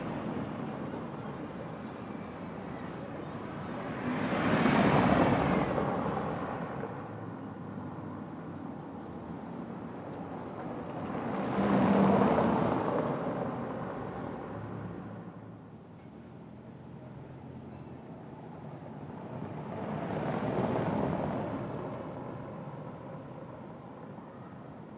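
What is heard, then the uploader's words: Cars pass one at a time along a small cobblestone road, each swelling into a rough, rumbling hiss and fading away, at about 5, 12 and 21 seconds. Between them a steady, soft outdoor hum fills the park setting. Cobblestone Road. Audio of City. You are sitting alone near a small road in cozy park area.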